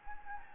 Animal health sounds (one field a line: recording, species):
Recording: mosquito wingbeat signal from an infrared sensor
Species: Anopheles gambiae